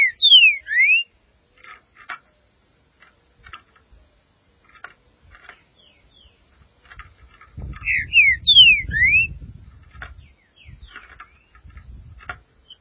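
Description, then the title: Green-winged saltator delivering two loud phrases of three or four swooping whistles, roughly eight seconds apart, with light ticking sounds and a brief low rumble. "Trinca Ferro"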